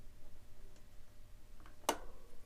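A light wiring connector is pushed one-handed onto the terminal of a Shutter Precision dynamo hub on a 2020 Salsa Cutthroat. Two faint ticks at 1.6 and 1.7 s lead up to a sharp, bright click at 1.9 s as the connector seats firmly onto the hub.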